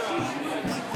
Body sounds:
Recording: coughing mixed with background sound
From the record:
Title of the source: Spring Cold Coughing 3

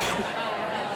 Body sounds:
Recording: coughing mixed with background sound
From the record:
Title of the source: 61 morning phlegmy cough...again

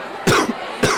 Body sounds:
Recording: coughing mixed with background sound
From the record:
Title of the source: Coughing 46

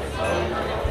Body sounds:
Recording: background sound without coughing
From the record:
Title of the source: CITY SOUNDS Busy Bar in the Evening Night - 2 HOURS of Ambiance for Relaxation

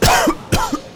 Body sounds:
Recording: coughing mixed with background sound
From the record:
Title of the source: Coughing 51

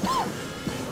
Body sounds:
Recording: coughing mixed with background sound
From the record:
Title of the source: Spring Allergy Coughing

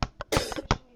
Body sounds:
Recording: coughing mixed with background sound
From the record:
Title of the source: 55 gaggy wet cough

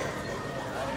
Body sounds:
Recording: coughing mixed with background sound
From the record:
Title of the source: Spring Cold Coughing 2

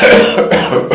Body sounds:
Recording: coughing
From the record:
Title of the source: Wet Throat Infection Cough

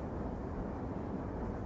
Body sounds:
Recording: background sound without coughing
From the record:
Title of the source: Train Ride Ambience ambient white noise for sleeping, focus, studying, reading

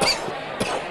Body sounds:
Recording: coughing mixed with background sound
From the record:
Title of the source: Coughing 79

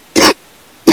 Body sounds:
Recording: coughing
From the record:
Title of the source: 60 coughing still (deep and wet cough)

